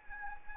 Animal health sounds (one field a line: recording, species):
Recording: mosquito wingbeat signal from an infrared sensor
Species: Anopheles arabiensis